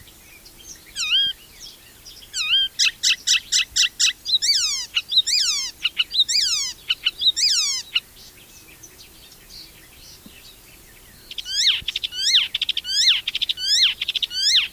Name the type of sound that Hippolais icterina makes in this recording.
song